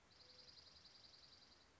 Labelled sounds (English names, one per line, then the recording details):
Dark-eyed Junco
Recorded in Sonoma County, California